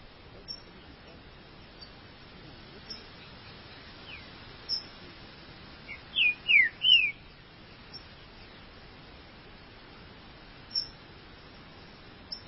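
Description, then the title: Green-winged saltator song: a brief phrase of three loud, slurred whistled notes around the middle, with faint scattered chirps before and after. "Trinca Ferro"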